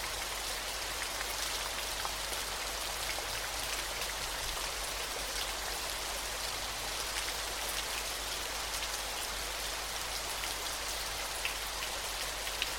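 A small waterfall pours in a steady, dense, bright hiss with little low rumble, faint splashy ticks scattered evenly throughout.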